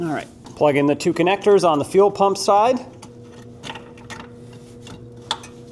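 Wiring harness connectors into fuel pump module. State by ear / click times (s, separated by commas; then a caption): seated / 5.3 s. Someone talks, then two wiring harness connectors are plugged into the fuel pump module of a 2015-2020 GMC Yukon over a steady low hum, with faint handling sounds. A sharp click at 5.3 s marks the connectors seating and locking in place.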